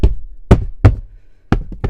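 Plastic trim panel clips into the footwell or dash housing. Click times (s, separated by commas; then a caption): 0.5 s, 0.9 s, 1.5 s. After the cabin air filters are changed on a Tesla Model Y, the plastic trim cover panel is lined up by its seams and struck by hand to punch its retaining clips into the footwell or dash housing. Sharp hand-strike knocks snap the clips home at 0.5, 0.9 and 1.5 seconds, with softer taps near the start and at 1.7 and 1.8 seconds. The panel ends up seated, with all its clips holding.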